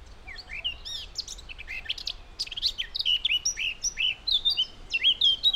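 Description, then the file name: Eurasian blackcap song, a fast jumble of high chattering and warbling notes that grows louder and clearer toward the end, over quiet background. "Sylvia atricapilla"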